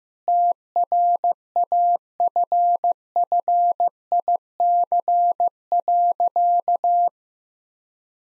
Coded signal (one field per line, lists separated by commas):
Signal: Morse code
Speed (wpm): 16 wpm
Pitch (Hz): 700 Hz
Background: none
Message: TRAFFIC.